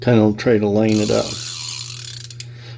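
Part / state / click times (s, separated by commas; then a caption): spool onto spinning reel shaft / seated / 2.4 s. Someone talks while the spool of a vintage DAM Quick 220N spinning reel (ca. 1974) is turned on its shaft so its small pin lines up with the slot. A run of ratchet-like clicking follows and ends in a louder final click at 2.4 s, as the spool drops into place and seats on the shaft pin.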